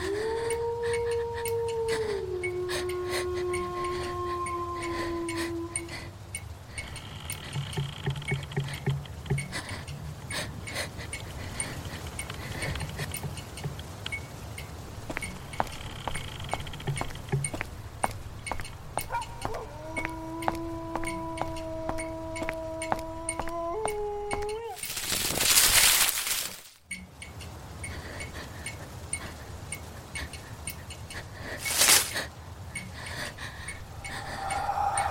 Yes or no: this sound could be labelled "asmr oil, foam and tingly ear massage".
no